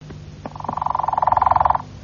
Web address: canarios cantoharz